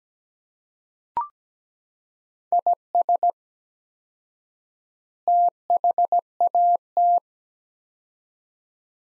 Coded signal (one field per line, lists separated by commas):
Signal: Morse code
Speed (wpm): 17 wpm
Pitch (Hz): 700 Hz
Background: none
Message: IS THAT